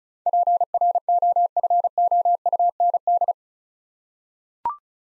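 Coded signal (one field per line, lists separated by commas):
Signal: Morse code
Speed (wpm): 34 wpm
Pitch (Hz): 700 Hz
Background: none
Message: PROFOUND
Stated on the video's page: Morse word-copying practice at 35 wpm: eight-letter words sent, spoken, then sent again.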